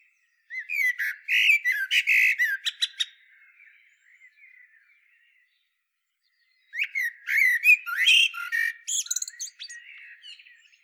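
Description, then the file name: Eurasian blackbird delivering two loud bursts of song, whistled notes mixed with squeaky high twittering, separated by a few seconds of quiet, soft notes. "Turdus merula"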